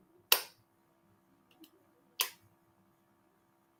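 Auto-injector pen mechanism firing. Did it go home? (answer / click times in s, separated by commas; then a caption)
yes / 0.3 s. A button is pushed on a plastic auto-injector pen held against the skin, and the pen fires with a sharp click at 0.3 s as the injection starts. Faint ticks follow around 1.5–1.6 s, then a second loud click at 2.2 s. The pen gives its two clicks and the injection completes.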